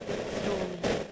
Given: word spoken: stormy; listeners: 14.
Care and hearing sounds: one English word in noise, from a listening test; noise modulated by three-talker babble; -5.0 dB; 1 of 14; 7 of 14; 0.72 s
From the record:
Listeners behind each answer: 7, 2, 1, 1, 1, 1, 1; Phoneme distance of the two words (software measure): 7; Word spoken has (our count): 2 syllables, 5 phonemes, stress on syllable 1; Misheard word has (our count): 1 syllable, 4 phonemes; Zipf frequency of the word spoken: 3.55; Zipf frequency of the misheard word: 4.46

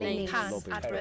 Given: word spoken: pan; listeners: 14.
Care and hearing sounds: one English word in noise, from a listening test; four-talker babble; 0.2 dB; 2 of 14; 7 of 14; 0.61 s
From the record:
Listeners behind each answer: 7, 2, 1, 1, 1, 1, 1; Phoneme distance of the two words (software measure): 20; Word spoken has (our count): 1 syllable, 3 phonemes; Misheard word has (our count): 1 syllable, 3 phonemes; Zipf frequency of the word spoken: 4.60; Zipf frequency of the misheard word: 5.14

